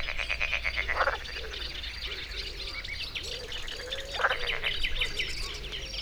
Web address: hanggyujtemeny kisvasut hortobagyihalastavak 2014 termeszet bekak madarak belsovegallomas